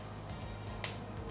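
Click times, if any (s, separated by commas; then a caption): 0.8 s. An oil drain/screen bolt on a DRZ400 motorcycle is turned counter-clockwise against its threaded hole in the engine/frame, to avoid cross-threading, before being tightened slowly. Over a steady low hum, a single sharp, short click at 0.8 s marks the thread start dropping into place, and the bolt is seated.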